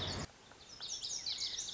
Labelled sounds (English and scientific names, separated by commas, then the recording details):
Lazuli Bunting (Passerina amoena)
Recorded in Sonoma County, California